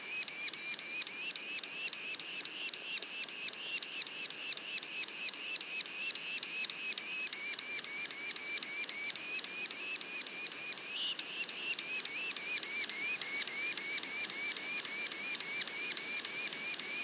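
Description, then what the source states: Yellow-bellied sapsucker calls, raspy hooked squeals in a rapid, continuous series. Juveniles, Mont-Orford National Park, Quebec.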